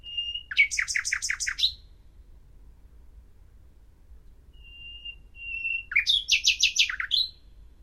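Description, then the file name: Common nightingale song: a pure held whistle leading into a fast trill of repeated notes, silence, then soft whistles and another rapid trill. "Luscinia megarhynchos"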